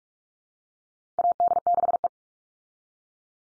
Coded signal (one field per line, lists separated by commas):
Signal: Morse code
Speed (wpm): 44 wpm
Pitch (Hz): 700 Hz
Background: none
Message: AD6E